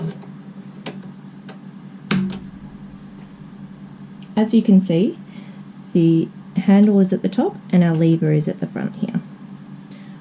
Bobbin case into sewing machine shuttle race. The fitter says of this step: We then place it into our machine until we hear a click.